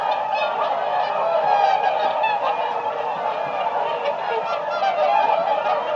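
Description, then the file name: Whooper swans in a noisy group, rapid overlapping honks and bugles forming a loud, unbroken babble of calls throughout. "audio hero Bird Whooper Swan"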